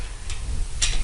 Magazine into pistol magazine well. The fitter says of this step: Merely just inserting the magazine, the little magazine catch here made a little click.